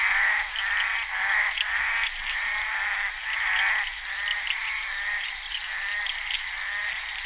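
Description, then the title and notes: Bullfrogs croaking in a dense chorus, rasping pulsed calls overlapping over a steady high insect-like drone. Recorded during the filming of Henri Duparc's film Bal poussière, February 1988. "crapaux buffle. enregistré sur le tournage Bal poussière dhenri duparc en février 1988"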